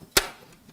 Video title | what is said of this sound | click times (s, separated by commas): LIVE: Carey & Mitch with more computers to repair... | You hear it popping into place? | 0.2 s